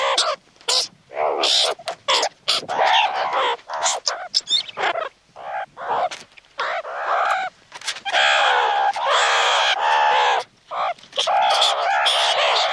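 Meerkat calls, busy run of harsh, overlapping chattering squawks, becoming a near-continuous rasping stream in the second half.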